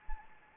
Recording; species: mosquito wingbeat signal from an infrared sensor; Anopheles gambiae